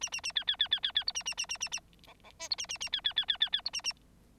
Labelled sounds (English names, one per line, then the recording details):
Bengalese Finch song
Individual Bird9